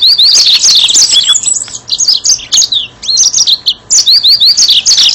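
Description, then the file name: Yellow-fronted canary song: fast, bright high warbling with repeated rising slurred notes in quick series, broken by short pauses between bursts. "mozambik"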